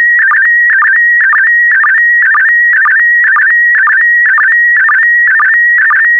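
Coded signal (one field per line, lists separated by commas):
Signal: SSTV (slow-scan television)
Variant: PD120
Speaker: The next image transmission will start in 10 seconds. Five, four, three, two, one. Transmission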